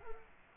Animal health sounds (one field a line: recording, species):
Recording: mosquito wingbeat signal from an infrared sensor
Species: Culex quinquefasciatus